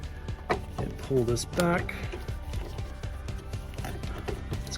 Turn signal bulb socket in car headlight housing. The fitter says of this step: you have this plastic Tab and you have to rotate this counterclockwise like that until it clicks